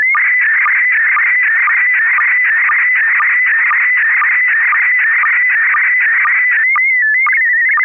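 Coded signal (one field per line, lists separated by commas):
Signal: SSTV (slow-scan television)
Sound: warbling tone around 1.5-2.3 kHz with a short low blip about twice a second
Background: radio static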